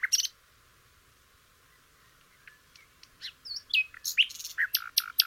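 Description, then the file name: Nightingale song in separate varied phrases: a brief sharp note at the start, a long quiet gap, then a string of whistles and harsh chirps of shifting pitch. "suara burung nightingale om kicau"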